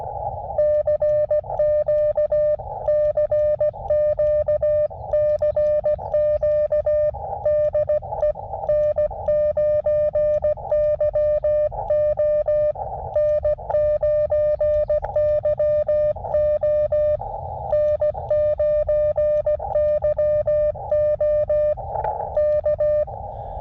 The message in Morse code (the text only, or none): CQ CQ CQ DE N9YO N9YO N9YO K